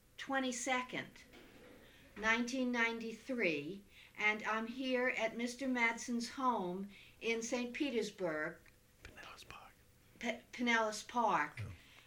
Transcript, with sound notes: 22, 1993, and I'm here at Mr. Madsen's home in St. Petersberg...
( he whispers ) Penellis Park.
Penellis Park,